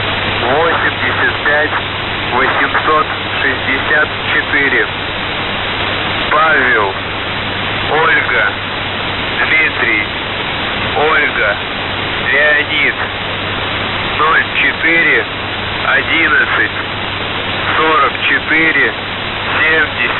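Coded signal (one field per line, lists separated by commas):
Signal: coded military voice message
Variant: The Goose, Russian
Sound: a voice reading short words and numbers in spaced bursts through constant hiss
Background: radio static, hum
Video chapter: 03:15 - Воздух Охват-98 85864 ПОДОЛ 0411 4470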